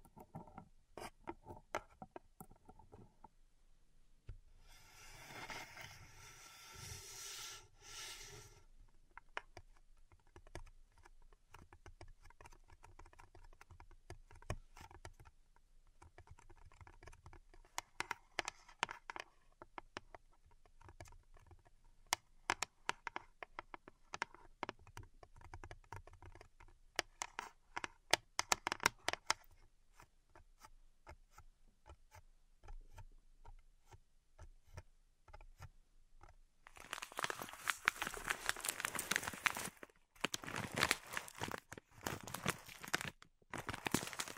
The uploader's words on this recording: ASMR Relaxing Pink Salt Zen Garden Triggers (No Talking).